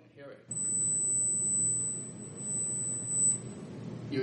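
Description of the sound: A steady, pure high-frequency test tone from a tone generator, sounding for about three seconds over low background room noise. It is used to illustrate that nearly all adults eventually lose hearing and can no longer hear high frequencies.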